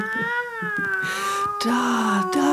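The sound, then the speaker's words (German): A cat wails in one long, drawn-out, rising and falling meow, loud and tonal with strong harmonics, while a lower, steadier voice-like tone runs underneath and brief noisy bursts break in. “Und ich werde noch mit jeder Katze fertig.”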